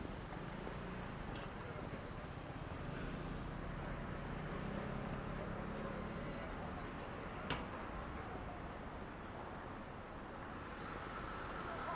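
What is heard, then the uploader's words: A busy street in Akihabara by day, with a steady wash of traffic and a murmur of voices filling the whole stretch. The din stays dense and even, low rumble underneath, and a single sharp click or knock stands out near the middle. Akihabara,daytime. Akihabara Station Electric Town Exit（West side plaza）～Chuo street～Suehirocho Station (Ginza Line)～Akihabara Junk Street～Electronic parts store under elevated railroad tracks～Akihabara Station East Exit＆Yodobashi Camera～Akihabara Station Electric Town Exit（West side plaza）.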